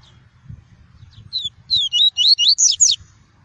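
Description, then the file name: Double-collared seedeater song: a softer opening note, then a rapid run of loud, swooping whistles. Song of the "tui-tui" variety. "canto do papa capim tui tui"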